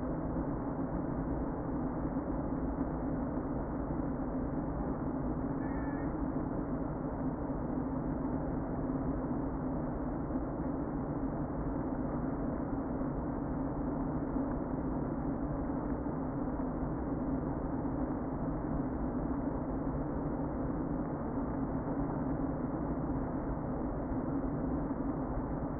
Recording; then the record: honeybee colony, microphone inside the hive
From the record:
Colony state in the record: queen present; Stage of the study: before two queens were removed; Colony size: about 60,000 bees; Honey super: yes